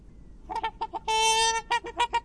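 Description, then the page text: Black swan giving clipped honks, then one sustained, steady bugling note, followed by further short rhythmic honks. "Cisne Negro (Cygnus atratus). Aves Fantásticas"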